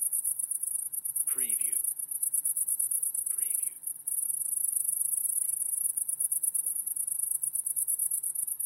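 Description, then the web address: Crickets keep up a high, rapid pulsed trill while a few short swooping calls from another animal break in. Crickets; wide stereo recording. "lynne-publishing Crickets Wide Stereo"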